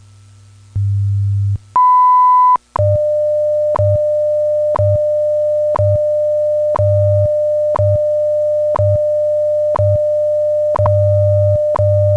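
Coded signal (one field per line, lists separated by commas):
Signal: radio time signal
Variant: WWV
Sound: low hum, a long high beep, then a steady mid tone with clicks every second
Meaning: The long 1 kHz tone marks the start of a minute; ticks mark each second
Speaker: radio station wwv fort collins colorado broadcasting on internationally allocated standard carrier frequencies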